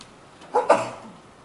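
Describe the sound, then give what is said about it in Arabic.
A single quick sneeze, a sharp breathy burst with a short catch before it, standing out against quiet background hiss with no talking. “يرحمك الله.”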